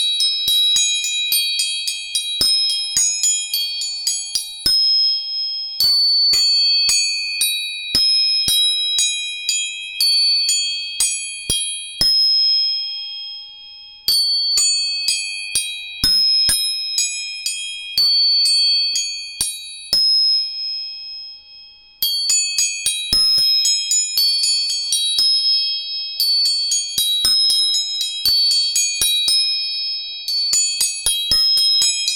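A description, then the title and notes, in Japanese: Tuning forks are struck again and again, their bright, bell-like tones ringing out and overlapping into a steady shimmering hum. The taps come in quick, irregular clusters with short breaks near 6, 14 and 22 seconds, close and clean with a silent background. 音叉チューニング全体性。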